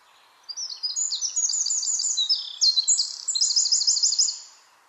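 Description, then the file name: Eurasian wren song, a loud, very high, rapid run of trilled and tumbling notes lasting about four seconds, bright and metallic against a quiet background. "Troglodytes troglodytes"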